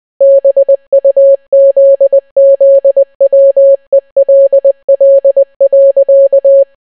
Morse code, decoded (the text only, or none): BUZZWELL.